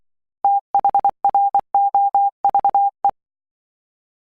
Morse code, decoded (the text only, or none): THROVE